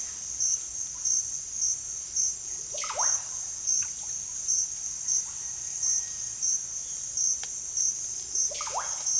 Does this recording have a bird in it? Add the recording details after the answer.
yes. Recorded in secondary vegetation near Puerto Asís, Putumayo, Colombia, on 29 June 2025 at 15:30. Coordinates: 0.498, -76.327. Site GP09